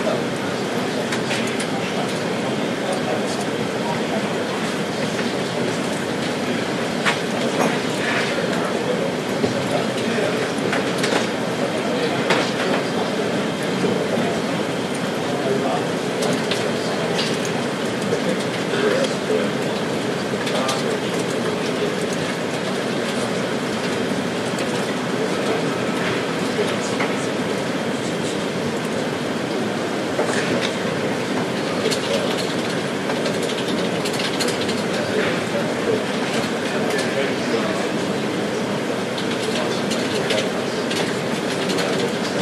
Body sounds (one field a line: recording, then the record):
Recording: background sound without coughing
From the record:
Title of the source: Office Sounds Ambience - Background Noise for Study and Work